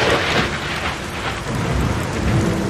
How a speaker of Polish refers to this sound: Błyskawice, trzask jak dartej blachy. Z nudów liczyłem czas od rozbłysku do huku.